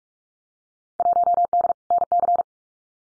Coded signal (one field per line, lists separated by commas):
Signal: Morse code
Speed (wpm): 46 wpm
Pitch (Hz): 700 Hz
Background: none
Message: 1D NC